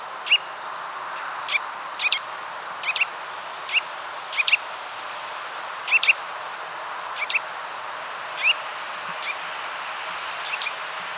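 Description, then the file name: Eurasian nuthatch calls: short sharp upward notes, often paired, repeated every second or so against a steady hiss of background noise. "Sitta europaea"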